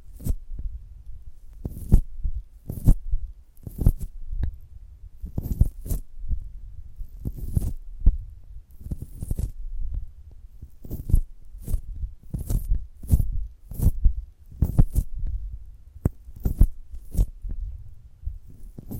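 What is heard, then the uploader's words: Soft, squishy thuds from a giant gummy bear being pressed and handled, arriving in an irregular stream of about one or two per second. Each is a dull, low bump, with an occasional brighter sticky click on top, and a faint low hum between them. ASMR of a Giant Gummy Bear (No Talking).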